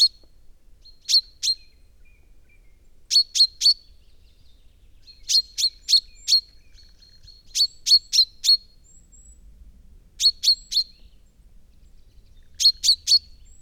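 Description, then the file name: Common chaffinch giving sharp, metallic call notes in quick bursts of two to four, each with a brief tonal tail, repeated every couple of seconds; quiet background. Recorded at Immenstaedter Horn on 9 March 2014. "Buchfink 09 03 2014 Immenstaedter Horn OA Johannes Honold"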